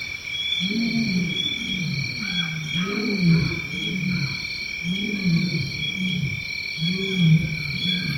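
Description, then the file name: Lion giving a series of deep grunting pulses over a steady high-pitched drone. Lion in Tanzania. "lion and monkeys in tanzania"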